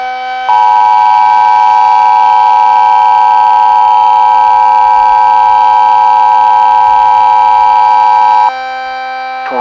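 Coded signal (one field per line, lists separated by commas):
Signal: Emergency Alert System (SAME) tones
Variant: 853 and 960 Hz attention tone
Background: speech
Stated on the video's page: Simulated, solo-made EAS scenario of a severe weather outbreak in the Ozarks.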